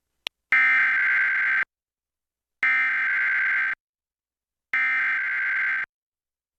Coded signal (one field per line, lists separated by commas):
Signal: Emergency Alert System (SAME) tones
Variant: header bursts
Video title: EAS Tornado Alert on WPXH (LAFF) (March 15, 2025)